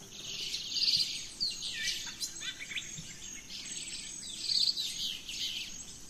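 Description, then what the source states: Birds singing at dawn, bright trills and chirps in pulses, with a fast repeated insect-like rattle and a steady high hum. Dawn chorus of rainforest birds, Gran Sabana, Venezuela.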